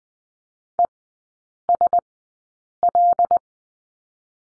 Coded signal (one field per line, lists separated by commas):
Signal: Morse code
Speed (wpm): 19 wpm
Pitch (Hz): 700 Hz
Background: none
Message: ESL